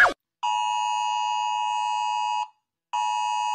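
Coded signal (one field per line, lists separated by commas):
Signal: Emergency Alert System (SAME) tones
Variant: 853 and 960 Hz attention tone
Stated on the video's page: Compilation of emergency alarm sounds from around the world being rated.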